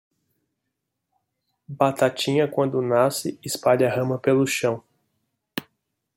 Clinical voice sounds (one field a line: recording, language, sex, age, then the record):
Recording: short text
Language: Brazilian Portuguese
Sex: male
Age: 30 to 39 years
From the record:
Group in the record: control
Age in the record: 32 years